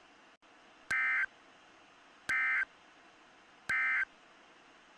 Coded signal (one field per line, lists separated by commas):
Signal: Emergency Alert System (SAME) tones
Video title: EAS Screen Showcase! (My Version)